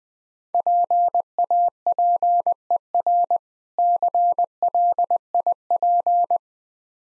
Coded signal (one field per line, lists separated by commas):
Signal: Morse code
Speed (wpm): 20 wpm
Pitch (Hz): 700 Hz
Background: none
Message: PAPER CLIP